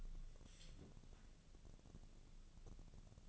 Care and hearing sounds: daily activity, microphone in the room; take from stove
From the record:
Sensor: 4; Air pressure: 1000.8 hPa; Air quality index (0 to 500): 123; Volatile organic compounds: 1 ppm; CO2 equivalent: 930 ppm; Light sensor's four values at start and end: 46/114/48/54 and 46/112/48/53

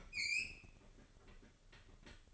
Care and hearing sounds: daily activity, microphone in the room; open fridge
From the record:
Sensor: 4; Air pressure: 1008.6 hPa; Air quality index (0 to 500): 71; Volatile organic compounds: 1 ppm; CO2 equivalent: 621 ppm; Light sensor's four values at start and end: 15/34/14/14 and 14/33/13/13

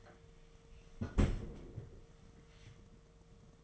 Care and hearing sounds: daily activity, microphone in the room; close fridge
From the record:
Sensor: 4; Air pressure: 1015.6 hPa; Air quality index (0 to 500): 185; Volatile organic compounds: 9 ppm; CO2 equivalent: 2136 ppm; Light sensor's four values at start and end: 9/20/8/9 and 12/28/12/12

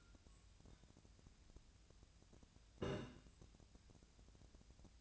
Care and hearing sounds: daily activity, microphone in the room; take from stove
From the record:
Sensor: 2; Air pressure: 1009.8 hPa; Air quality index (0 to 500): 180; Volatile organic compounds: 10 ppm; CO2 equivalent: 2245 ppm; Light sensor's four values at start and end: 32/79/34/38 and 32/79/34/38

